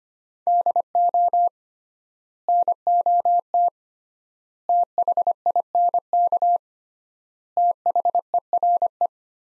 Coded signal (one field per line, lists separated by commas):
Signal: Morse code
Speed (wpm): 25 wpm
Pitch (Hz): 700 Hz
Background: none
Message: DO NOT THINK THERE